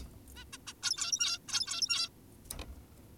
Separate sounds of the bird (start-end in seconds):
0.36-0.44, 0.53-0.58, 0.67-0.74, 0.83-1.39, 1.48-2.09